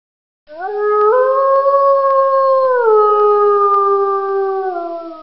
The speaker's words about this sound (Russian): Взревел волк от боли.